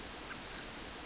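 Savannah sparrow giving a single very high, thin, short chip note over faint background hiss.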